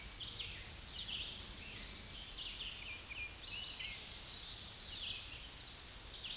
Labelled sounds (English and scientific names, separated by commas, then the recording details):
American Redstart (Setophaga ruticilla) song
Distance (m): 35 m
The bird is about 15 m above the microphone
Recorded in a Pennsylvania forest on 16 May 2024 at 09:02
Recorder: AudioMoth, point MSD-0263
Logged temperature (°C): 16.0 °C
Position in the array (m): 93 m, 242 m